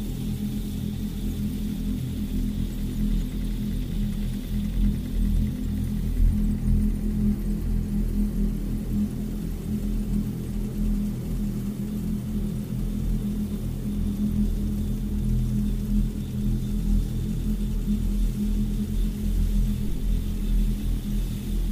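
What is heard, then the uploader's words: A dark horror soundscape built on a thick, steady low drone that rumbles and throbs without letup for the whole stretch. A humming tone sits just above the rumble, with a faint, thin high whine hanging in the background. Horror Soundscape for Sleep or Dungeons and Dragons (No jump scares). It is filled wall to wall with machines of nefarious purpose.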